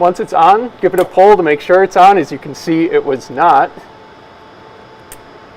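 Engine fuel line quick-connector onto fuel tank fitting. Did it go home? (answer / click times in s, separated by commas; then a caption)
yes / 5.1 s. Someone talks while connecting the white engine fuel line quick-connector onto the fitting of an S&B 40 gallon replacement fuel tank on a 2020-2023 Winnebago Revel (2019+ chassis). After the talking stops, over a low steady hum, a short sharp click is heard at 5.1 s as the connector seats, and it is then pushed to lock.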